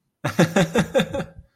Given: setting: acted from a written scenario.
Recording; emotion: vocal sound without words; amusement